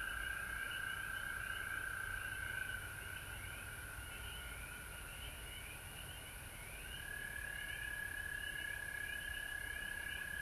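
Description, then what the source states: Frogs calling in chorus, short pulsed trills repeated rapidly and overlapping, over a steady high-pitched drone and a sustained mid tone that fades and returns. Recorded at home in Georgia on March 19, 2020.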